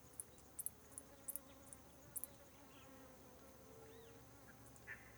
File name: Ambiente no por do sol com grilos e muitos insetos